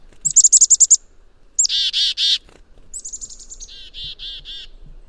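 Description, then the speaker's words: Black-capped chickadee giving its chickadee-dee-dee call: a quick run of high buzzy-edged chips, then harsh broad dee notes, followed by more chips and a string of buzzy dees. The number of dee notes at the end reflects how dangerous the chickadee judges a threat to be; this call is distinct from its spring song. "You might not know, but the black-capped chickadee call, that very charismatic chickadee-dee-dee, the number of D's at the end is a judgment that the chickadee makes about how dangerous a particular threat would be."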